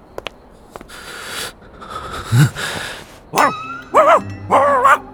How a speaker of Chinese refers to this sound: 又看见那个遛狗的少妇。他冷酷地横了一眼那只狗，狗冲他叫